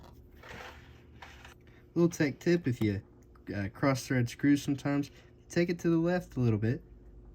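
A small screw in a threaded hole in a phone frame is turned backwards, to the left, to avoid cross-threading, with faint handling ticks near 1.2 and 1.7 seconds while someone talks. Nothing has clicked into thread alignment or seated yet by the end of the clip.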